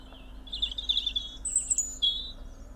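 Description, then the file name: European robin song: wavering warbled notes with a thin, very high whistle and a lower note at the end. "Erithacus rubecula"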